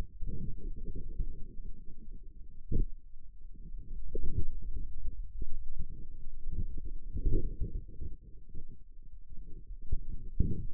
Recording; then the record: forearm muscle sounds (acoustic myography)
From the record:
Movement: radial deviation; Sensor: system 2, bracelet of six BSWA MPA416 microphones around the upper forearm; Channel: 5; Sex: male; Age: 22 years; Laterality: right